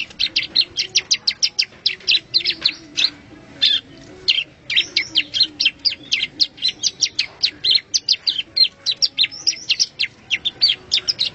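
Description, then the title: Bar-winged prinia singing a long, fast stream of bright, high staccato chirps, repeated several times a second with only short breaks throughout. "Suara Burung Ciblek"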